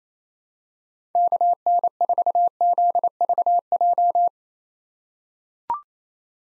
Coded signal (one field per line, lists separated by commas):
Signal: Morse code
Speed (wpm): 28 wpm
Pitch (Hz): 700 Hz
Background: none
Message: KN4ZVJ